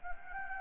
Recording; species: mosquito wingbeat signal from an infrared sensor; Anopheles gambiae